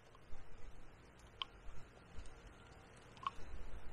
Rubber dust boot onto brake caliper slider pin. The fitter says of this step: it snaps into place